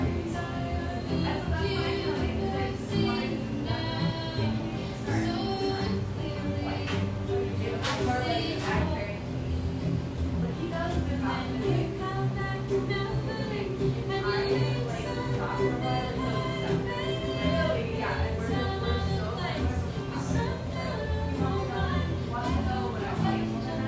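A little drip coffee joint in eastern Seattle hums with steady overlapping chatter, a dense constant murmur of voices punctuated by occasional brief clinks.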